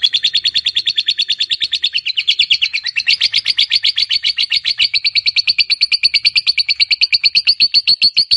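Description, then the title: Lovebird in a sustained ngekek, an unbroken, fast, rattling chatter of high buzzy notes that rises slightly in pitch partway through. Fighter lovebird giving a long ngekek. "Begitu Dengar Suara Lovebird FIGHTER NGEKEK PANJANG"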